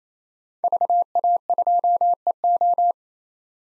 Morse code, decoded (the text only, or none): VA2EO